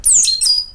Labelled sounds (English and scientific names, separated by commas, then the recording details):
Stitchbird (Notiomystis cincta) song
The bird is a male
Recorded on Tiritiri Matangi Island, New Zealand, in 2005
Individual 12, of nest box 16